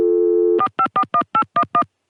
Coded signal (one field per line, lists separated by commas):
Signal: DTMF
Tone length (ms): 80 ms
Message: 4541811